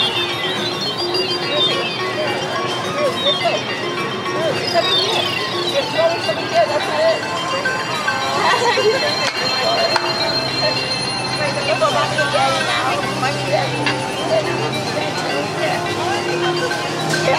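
Background music plays in a busy outdoor theme park area, its sustained tones half buried under a dense, steady crowd of voices. A low engine-like hum joins at about ten seconds and holds to the end, with the overall loudness staying level throughout.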